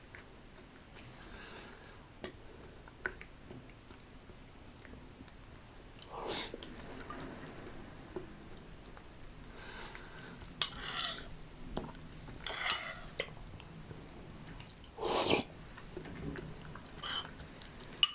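Someone eats a sweet bean soup with fermented rice. Soft slurps, small mouth sounds and short clinks come irregularly every second or two, with a sharper burst near the middle and near fifteen seconds over a faint low hum.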